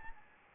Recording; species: mosquito wingbeat signal from an infrared sensor; Anopheles gambiae